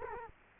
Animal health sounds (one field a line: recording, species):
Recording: mosquito wingbeat signal from an infrared sensor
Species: Culex quinquefasciatus